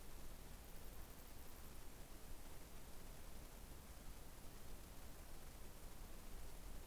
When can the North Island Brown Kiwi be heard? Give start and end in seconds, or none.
none